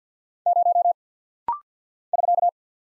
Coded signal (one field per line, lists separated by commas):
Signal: Morse code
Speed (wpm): 50 wpm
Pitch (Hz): 700 Hz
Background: none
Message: 0 <SK>